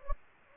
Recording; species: mosquito wingbeat signal from an infrared sensor; Anopheles gambiae